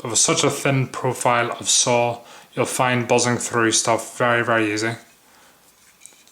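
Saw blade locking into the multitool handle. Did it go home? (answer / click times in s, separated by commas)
yes / 6.1 s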